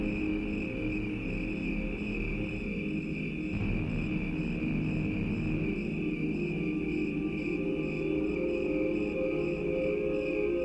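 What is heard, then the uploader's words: Steady, dense mix of synthesized drones and organ-like sustained tones over a low rumbling bed. A bright held tone rides on top while crickets chirp in rapid, regular pulses throughout. Loudness stays even across the whole stretch, with no breaks. The sounds of traffic, riding public transportation, crickets, as well as computer-based guitars, synthesizers, and pipe organs.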